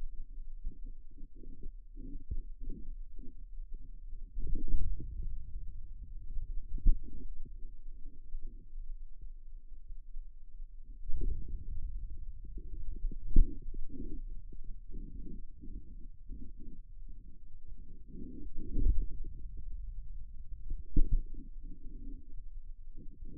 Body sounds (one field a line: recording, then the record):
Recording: forearm muscle sounds (acoustic myography)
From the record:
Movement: inward rotation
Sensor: system 2, bracelet of six BSWA MPA416 microphones around the upper forearm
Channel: 4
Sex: male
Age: 22 years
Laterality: right